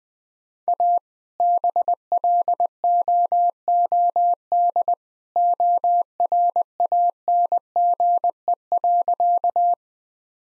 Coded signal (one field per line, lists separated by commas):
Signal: Morse code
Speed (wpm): 21 wpm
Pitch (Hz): 700 Hz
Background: none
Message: A BLOOD ORANGE.